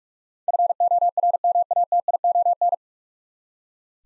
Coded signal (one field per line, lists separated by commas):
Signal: Morse code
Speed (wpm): 42 wpm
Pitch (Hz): 700 Hz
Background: none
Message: FORMATION